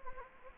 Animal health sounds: mosquito wingbeat signal from an infrared sensor; Anopheles gambiae

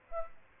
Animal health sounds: mosquito wingbeat signal from an infrared sensor; Aedes aegypti

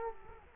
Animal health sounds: mosquito wingbeat signal from an infrared sensor; Culex quinquefasciatus

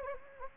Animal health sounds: mosquito wingbeat signal from an infrared sensor; Anopheles gambiae

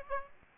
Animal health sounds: mosquito wingbeat signal from an infrared sensor; Aedes aegypti

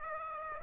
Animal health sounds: mosquito wingbeat signal from an infrared sensor; Aedes aegypti

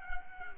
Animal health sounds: mosquito wingbeat signal from an infrared sensor; Culex quinquefasciatus

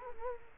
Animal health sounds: mosquito wingbeat signal from an infrared sensor; Culex quinquefasciatus

